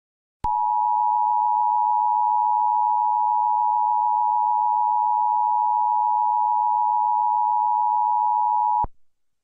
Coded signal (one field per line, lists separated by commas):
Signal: Emergency Alert System (SAME) tones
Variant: 853 and 960 Hz attention tone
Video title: EAS - Strange Anti Piracy Warning